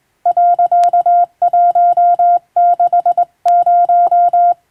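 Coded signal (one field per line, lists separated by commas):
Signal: Morse code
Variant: Japanese Wabun code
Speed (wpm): 20 wpm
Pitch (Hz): 700 Hz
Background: music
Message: 、160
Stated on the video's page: Hand-keyed Japanese wabun Morse with a telegraph key, practice from telegram practice texts, by a first-class radiotelegraph operator.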